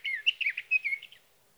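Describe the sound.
Sage thrasher song snippet, a short, hurried series of warbled notes lasting around a second.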